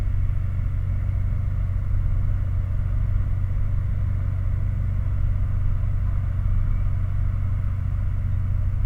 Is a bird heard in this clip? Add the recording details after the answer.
no. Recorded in the Prudhoe Bay oil fields, Alaska, on 5 August 2019 at 02:05. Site 29